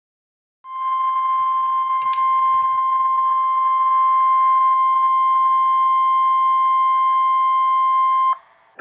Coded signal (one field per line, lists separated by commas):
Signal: Emergency Alert System (SAME) tones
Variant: 1050 Hz attention tone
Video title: SVR KIH24 EAS #109